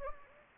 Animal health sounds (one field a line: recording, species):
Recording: mosquito wingbeat signal from an infrared sensor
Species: Anopheles gambiae